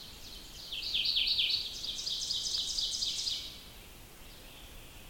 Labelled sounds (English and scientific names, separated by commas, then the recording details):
Ovenbird (Seiurus aurocapilla) song
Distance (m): 45 m
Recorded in boreal forest in Alberta, Canada, on 2 June 2016 at 06:33
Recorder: SongMeter 3, array SBT-3-7
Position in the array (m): 49 m, 148 m
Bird 4